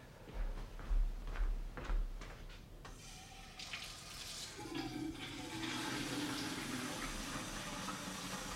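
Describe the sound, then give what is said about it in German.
A few dull clunks, then a tap gushes steadily into a pot being filled with water to put on the stove, the running water's hollow tone slowly rising in pitch as the vessel fills. “Erstmal das Wasser aufsetzen.”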